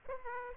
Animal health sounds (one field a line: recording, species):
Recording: mosquito wingbeat signal from an infrared sensor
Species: Aedes aegypti